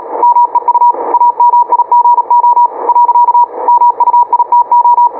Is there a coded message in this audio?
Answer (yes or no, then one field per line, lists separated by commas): yes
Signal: Morse code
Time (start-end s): 0.2-5.1 s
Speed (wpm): 37 wpm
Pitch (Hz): 960 Hz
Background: radio noise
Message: MEU AMIGO . MUITO